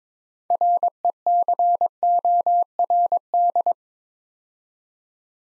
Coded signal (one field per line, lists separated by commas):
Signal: Morse code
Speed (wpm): 22 wpm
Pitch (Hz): 700 Hz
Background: none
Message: RECORD